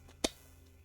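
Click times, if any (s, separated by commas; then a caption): 0.2 s. A 3D printed plastic map tag half is pressed onto its mating half, and the sphere detents on the bottom of the map snap in with one sharp click at 0.2 s. The two parts seat together and hold.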